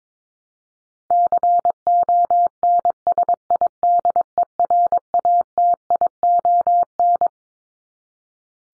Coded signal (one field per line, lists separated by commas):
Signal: Morse code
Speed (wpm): 22 wpm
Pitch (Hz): 700 Hz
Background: none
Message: CONSIDERATION